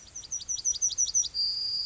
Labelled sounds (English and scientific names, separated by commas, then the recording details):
Yellowhammer (Emberiza citrinella) song
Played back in grassland
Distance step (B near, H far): D
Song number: 146